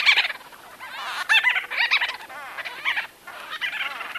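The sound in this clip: White-fronted bee-eater chatter: a run of nasal, wavering squeaks and gurgles with brief pauses.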